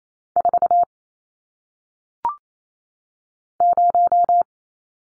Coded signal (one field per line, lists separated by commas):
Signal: Morse code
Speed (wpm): 28 wpm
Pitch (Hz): 700 Hz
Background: none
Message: 4 0